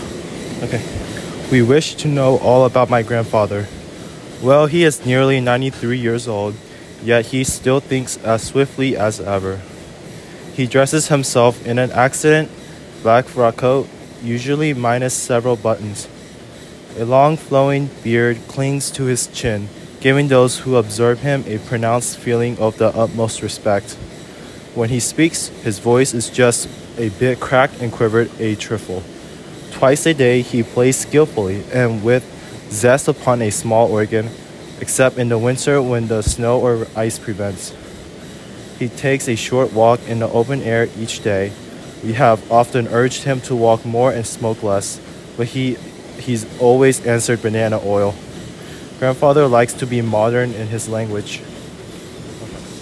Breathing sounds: reading aloud after running; male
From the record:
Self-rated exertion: light exertion (2 of 6); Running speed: 6 miles an hour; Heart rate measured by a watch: 138 beats a minute at the start, 125 at the end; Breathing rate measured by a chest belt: 24 breaths a minute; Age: 19 years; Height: 178 cm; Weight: 72 kg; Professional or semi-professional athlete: no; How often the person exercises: 3 to 5 times a week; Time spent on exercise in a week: 3 to 4 hours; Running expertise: no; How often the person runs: 3 to 5 times a week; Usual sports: running

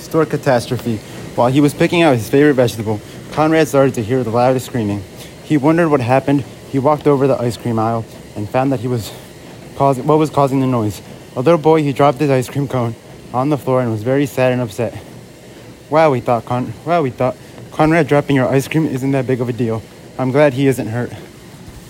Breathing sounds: reading aloud after running; male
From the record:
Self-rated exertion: vigorous exertion (4 of 6); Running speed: 9 miles an hour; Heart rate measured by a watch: 173 beats a minute at the start, 168 at the end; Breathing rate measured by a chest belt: 15 breaths a minute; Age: 19 years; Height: 175 cm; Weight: 69 kg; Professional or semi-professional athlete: no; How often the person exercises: 1 to 2 times a week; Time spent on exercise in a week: 1 to 2 hours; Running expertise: no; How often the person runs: under once a week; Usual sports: soccer

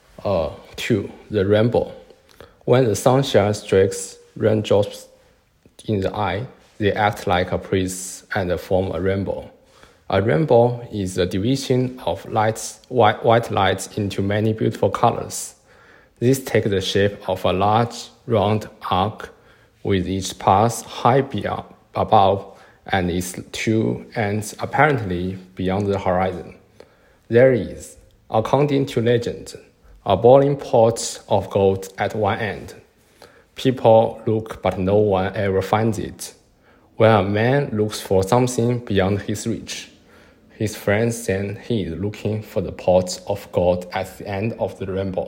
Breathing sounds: reading aloud after running; male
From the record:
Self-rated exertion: very light exertion (1 of 6); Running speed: 6 miles an hour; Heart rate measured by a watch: 110 beats a minute at the start, 108 at the end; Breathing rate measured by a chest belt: 23 breaths a minute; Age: 25 years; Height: 174 cm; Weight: 71 kg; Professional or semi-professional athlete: no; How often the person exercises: 3 to 5 times a week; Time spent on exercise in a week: 2 to 3 hours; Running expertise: no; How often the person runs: 1 to 2 times a week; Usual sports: running, swimming, badminton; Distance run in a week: 8 km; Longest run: 10 km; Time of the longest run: 48 minutes

